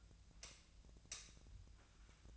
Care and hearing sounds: daily activity, microphone in the room; light off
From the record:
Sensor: 2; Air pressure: 1009.6 hPa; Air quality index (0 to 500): 181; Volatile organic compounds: 10 ppm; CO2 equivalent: 2257 ppm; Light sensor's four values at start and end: 32/84/35/37 and 27/65/28/31

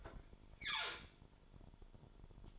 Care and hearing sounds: daily activity, microphone in the room; open fridge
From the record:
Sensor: 5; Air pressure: 1007.9 hPa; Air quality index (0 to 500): 92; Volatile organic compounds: 1 ppm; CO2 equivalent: 724 ppm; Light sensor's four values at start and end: 39/89/37/38 and 40/91/38/39

